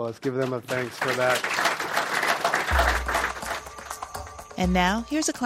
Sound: applause

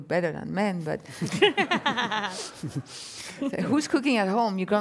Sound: laughter

